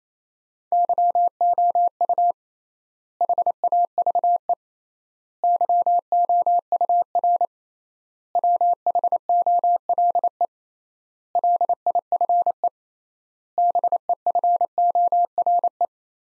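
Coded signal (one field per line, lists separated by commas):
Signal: Morse code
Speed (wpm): 28 wpm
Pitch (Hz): 700 Hz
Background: none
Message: YOU HAVE YOUR WHOLE LIFE BEFORE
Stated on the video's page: Morse practice sentences from the top 400 words at 28 wpm with 3x standard word spacing, a Farnsworth-like method applied to words for head-copy training.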